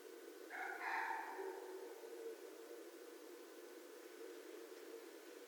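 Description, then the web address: Red fox giving a short, rasping scream near the start, then only steady background hiss. Recorded 2 January 2012. "Red Fox 2012 01 02"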